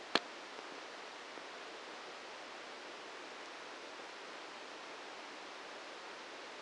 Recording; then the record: brain microelectrode recording played as sound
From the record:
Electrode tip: outside the subthalamic nucleus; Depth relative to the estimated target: 3 mm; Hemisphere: right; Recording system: NeuroSet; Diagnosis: Parkinson's disease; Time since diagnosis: 13 years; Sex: male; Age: 66 years